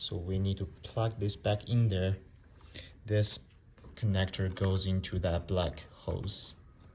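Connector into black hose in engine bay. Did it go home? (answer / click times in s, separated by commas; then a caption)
no / none. During a Volvo S60 main battery replacement, a connector is being plugged back into a black hose in the engine bay while someone talks. The connector is handled, but nothing has seated or clicked yet by the end of the clip.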